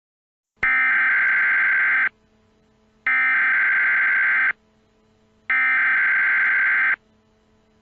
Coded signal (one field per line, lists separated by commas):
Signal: Emergency Alert System (SAME) tones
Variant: header bursts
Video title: EAS Scenario 24: Korean attack Minneapolis